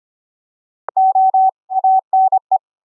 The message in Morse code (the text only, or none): O ANE